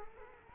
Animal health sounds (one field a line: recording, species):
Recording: mosquito wingbeat signal from an infrared sensor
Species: Culex quinquefasciatus